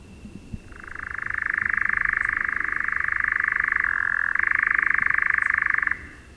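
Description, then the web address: European nightjar churring, a sustained rapid trill of dry pulses, rising in, shifting pitch briefly past the middle before cutting off. "Suoni succiacapre"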